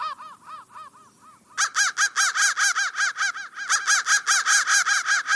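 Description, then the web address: Crow calls begin as quieter hoarse notes, then switch to loud, rapid, raspy caws repeated steadily. "soundfactory crow"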